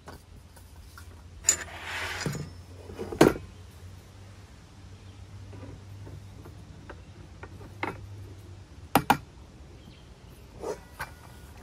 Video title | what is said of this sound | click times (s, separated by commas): Coleman RoadTrip Party Grill - One Burner Grill and Stove for Camping and Tailgating - Gear Review | pretty easily they just slot in and snap into place | 1.5 s, 3.2 s, 7.8 s, 8.9 s